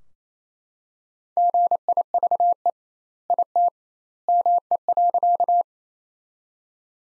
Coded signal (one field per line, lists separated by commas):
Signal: Morse code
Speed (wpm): 28 wpm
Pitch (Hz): 700 Hz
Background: none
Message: GIVE IT ME.